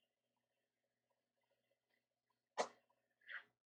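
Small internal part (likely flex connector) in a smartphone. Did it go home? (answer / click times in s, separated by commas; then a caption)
no / none. Inside an iPhone 5s being repaired for a no-touch fault, a small internal part is shifted into position by hand. Faint ticks are followed by a broad rustling burst near 2.6 s and a shorter scraping burst around 3.3 s. Nothing has snapped into place yet.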